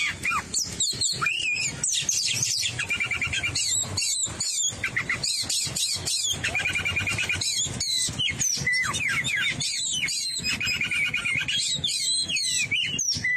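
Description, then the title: Oriental magpie-robin delivering long varied song, whistled motifs mixed with fast chattering and high sharp notes, nearly without pause. "Kacer"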